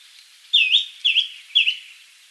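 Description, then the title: Greenish schiffornis calling, three clear whistled notes, each dipping then rising, repeated about every half second over a quiet hiss. "LuckyPassaro Completos2Sama. Greenish Schiffornis (Schiffornis virescens)"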